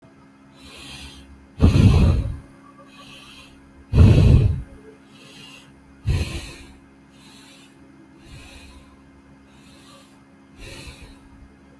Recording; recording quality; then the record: shallow breathing; excellent, no background noise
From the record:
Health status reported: healthy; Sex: male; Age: 45 years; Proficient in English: yes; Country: India